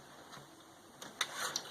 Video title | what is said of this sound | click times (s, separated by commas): XFX Radeon RX 470 Hard Swap Edition Review and Install. How to install a graphics card | Looks like everything popped in the way it's supposed to. | 1.2 s